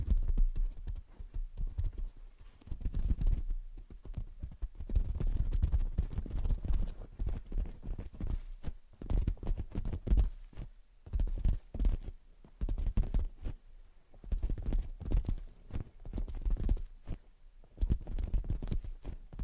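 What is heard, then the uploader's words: Gentle tapping and scratching sounds, soft and low, made of quick clustered taps with short pauses between bursts. The taps fall unevenly but steadily through all nineteen seconds, with a light scratchy edge on some strokes and a faint low hum underneath. Gentle Tapping and Scratching. (No Talking).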